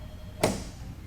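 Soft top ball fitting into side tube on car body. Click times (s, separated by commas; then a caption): 0.4 s. A ball fitting between the stacks of a new Factory Five soft top is pushed into the hole/tube on the side of the car body until it seats. A single sharp, broadband click-hit sounds at 0.4 s, with a short low-frequency ring fading over a few tenths of a second against a quiet background. The ball clicks into place in the tube.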